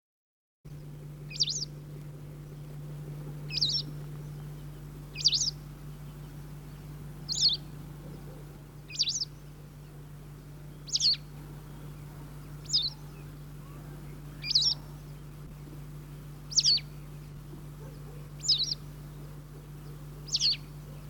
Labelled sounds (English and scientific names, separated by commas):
White Wagtail (Motacilla alba) song